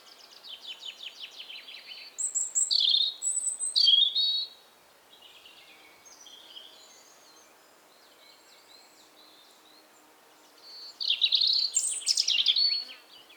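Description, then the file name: European robin song: a thin ticking trill, then loud, varied high whistled phrases, a pause of several seconds, and another sweet, warbling burst at the end. "Erithacus rubecula"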